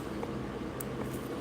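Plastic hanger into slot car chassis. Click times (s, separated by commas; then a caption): 0.8 s. A plastic hanger that was hard to get in is pushed into a slot car chassis under a steady low hum, and it snaps into place with a sharp click at 0.8 s. A softer tick comes just before at about 0.2 s. The hanger is confirmed seated.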